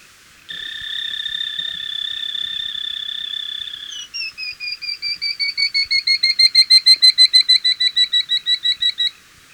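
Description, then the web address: Paramo tapaculo: a steady sustained whistled tone for about three and a half seconds, then a long rapid series of repeated clipped notes lasting roughly five seconds. In Ecuador. "Birds of Ecuador 2. Paramo Tapaculo"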